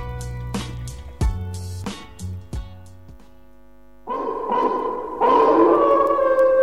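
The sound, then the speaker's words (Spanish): Long, wavering howls rise over a folk song, starting after a few seconds of low, steady instrumental tones with sharp plucked accents, and growing louder and fuller toward the end. “Señores, esos aullidos que oyen no es ni más ni menos que el regalito que nos ha mandado Masi, el hombre de la luna, que ahora está en Italia.”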